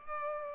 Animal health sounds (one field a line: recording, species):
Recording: mosquito wingbeat signal from an infrared sensor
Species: Culex pipiens